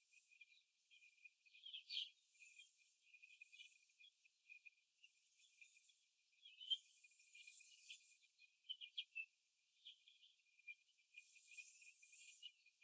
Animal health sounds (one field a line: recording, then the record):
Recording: young laying hens in a cage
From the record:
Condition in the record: after the stressor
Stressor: simulated dog barking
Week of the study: 2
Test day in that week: 2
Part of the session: 3